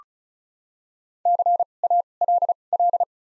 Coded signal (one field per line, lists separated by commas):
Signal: Morse code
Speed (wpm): 34 wpm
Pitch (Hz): 700 Hz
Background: none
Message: C A L L